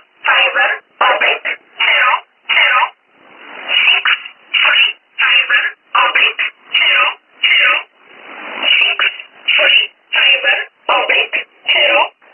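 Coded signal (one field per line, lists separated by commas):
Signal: numbers station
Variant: E11 Oblique, English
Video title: 06 10 2017 Numbers station E11 Oblique in English to Eu 0710 on 9963 unknown tx site in USB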